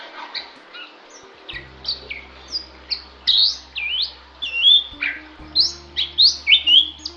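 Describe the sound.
Bali myna calls: spaced whistled and slurred notes, some sharply rising or dropping, becoming faster and louder toward the end, with a background hum.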